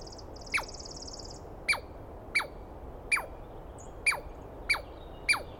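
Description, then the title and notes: Douglas squirrel calls: seven sharp clicking onsets, each dropping into a steep downward slur, spaced about a second apart or less, with a high buzzy trill at the start. Wild Douglas pine squirrel screaming at length at dawn on the morning of 21 April 2017 in the East Cascades; identified by its sound, not seen well. "Interview With The Chipmunk. On the morning of 21 April, 2017, I set up my microphones and recorder for a nice dawn recording in the East Cascades. I was started awake by a screaming Douglas Pine Squirrel"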